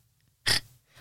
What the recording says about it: I knew I was a little bit of a snorer. You had a really cute little snore last night.